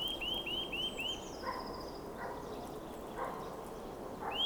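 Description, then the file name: Eurasian nuthatch giving a brief series of five rising whistled notes at the start, then a few soft, muffled sounds and faint notes from another bird over steady noise. "Sitta europaea"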